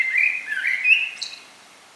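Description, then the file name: Common blackbird single warbled phrase, a fluty wavering note sliding up and down, finished by a brief high squeaky flourish, then quiet. "Turdus merula"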